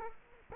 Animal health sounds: mosquito wingbeat signal from an infrared sensor; Culex quinquefasciatus

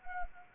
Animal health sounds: mosquito wingbeat signal from an infrared sensor; Anopheles arabiensis

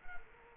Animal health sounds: mosquito wingbeat signal from an infrared sensor; Culex quinquefasciatus

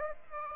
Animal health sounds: mosquito wingbeat signal from an infrared sensor; Aedes aegypti

